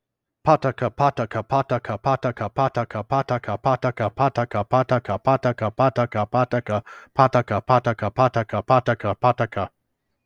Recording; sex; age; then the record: repeated syllables /pa ta ka/; male; 40 to 49 years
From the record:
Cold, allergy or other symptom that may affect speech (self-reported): no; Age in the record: 44 years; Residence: Tennessee, United States